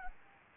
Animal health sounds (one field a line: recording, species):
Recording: mosquito wingbeat signal from an infrared sensor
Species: Anopheles gambiae